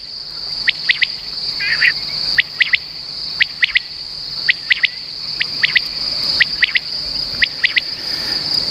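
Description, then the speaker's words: Common quail song: sharp three-note phrases repeated roughly every second, over a continuous high insect trill. Played back on the radio as an example; described as a subtle sound which, heard in the countryside, means a quail is nearby. "lo que vamos a hacer aquí en Onda Agraria es escuchar brevemente el canto de la codorniz."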